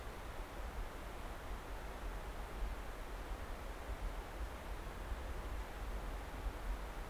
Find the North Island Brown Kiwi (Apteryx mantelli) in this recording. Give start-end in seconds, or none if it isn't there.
none